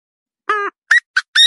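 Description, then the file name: Partridge giving a nasal harmonic note, then two short clipped calls and a coarser note. "Tieng ga go"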